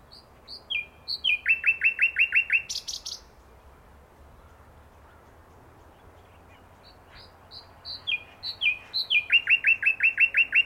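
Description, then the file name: Common nightingale song: soft high whistles leading into a rapid run of repeated, slurred notes and a brief buzzy burst, followed by a pause and a similar whistled phrase ending in quick repeated notes. "Luscinia megarhynchos"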